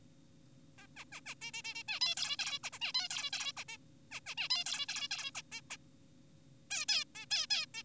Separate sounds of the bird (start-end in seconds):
0.78-0.87, 0.96-1.04, 1.12-1.20, 1.26-1.35, 1.42-1.51, 1.54-1.62, 1.64-1.74, 1.75-1.83, 1.88-2.00, 2.01-2.15, 2.17-2.37, 2.39-2.59, 2.64-2.70, 2.73-2.78, 2.82-2.92, 2.94-3.08, 3.10-3.30, 3.33-3.52, 3.57-3.64, 3.69-3.77, 4.12-4.20, 4.26-4.35, 4.38-4.48, 4.50-4.64, 4.66-4.86, 4.89-5.08, 5.11-5.31, 5.35-5.42, 5.52-5.61, 5.70-5.77, 6.71-6.86, 6.89-7.04, 7.15-7.26, 7.31-7.46, 7.50-7.66, 7.74-7.83